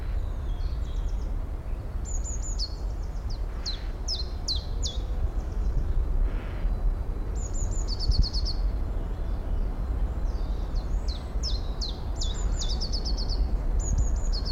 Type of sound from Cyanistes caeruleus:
call